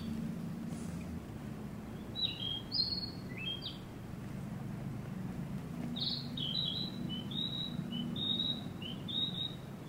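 Narcissus flycatcher delivering varied whistled phrases with quick slurred and rising notes, repeated in several bursts, against a steady low hum.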